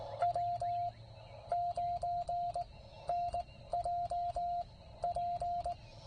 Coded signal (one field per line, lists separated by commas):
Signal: Morse code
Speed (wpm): 18 wpm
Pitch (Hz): 700 Hz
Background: radio noise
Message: W9NJP